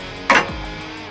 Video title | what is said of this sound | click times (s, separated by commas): How to Install & Remove a Bad Boy 1025 Tractor Mower Deck - Step-by-Step Tutorial | there we go clicked into place so now that we got the tractor all hooked back up | 0.3 s